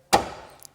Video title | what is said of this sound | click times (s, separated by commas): How To Vauxhall Corsa C & Combo Fuse Box Location - Fuses & Relays removal tutorial | You hear it click in and that'll stay nice and sturdy. | 0.6 s